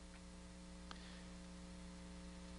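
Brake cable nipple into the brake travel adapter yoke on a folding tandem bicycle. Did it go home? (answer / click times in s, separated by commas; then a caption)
yes / 0.9 s. On a Bike Friday "Project Q" folding tandem bicycle, the brake cable is given full slack, the two pieces are pulled together and the brake cable travel adapter is drawn down into the yoke, then the cable end nipple is pushed through the yoke. Over a steady electrical hum, a single short, sharp snap is heard at 0.9 s as the nipple seats in the yoke.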